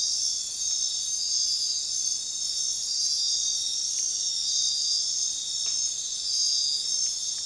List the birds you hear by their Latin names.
none